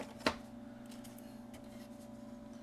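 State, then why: Not seated. The sliding front panel of a collectible display book case is handled as it is slid up and back down. A single sharp knock is heard at about 0.3 s over a steady low hum, and then it stays quiet. Nothing has seated or clicked into place yet.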